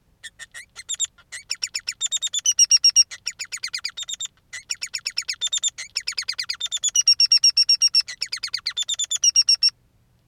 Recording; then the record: song of a male Bengalese finch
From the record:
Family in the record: son of father 3